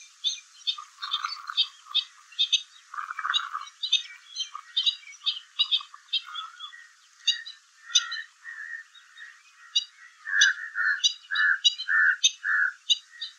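Stilt calls: sharp, yapping notes in quick, uneven runs, with lower nasal notes between, several birds calling over one another.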